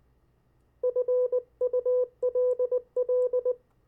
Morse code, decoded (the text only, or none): FULL